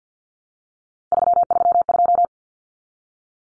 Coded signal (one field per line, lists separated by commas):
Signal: Morse code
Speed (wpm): 50 wpm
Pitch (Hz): 700 Hz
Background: none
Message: 332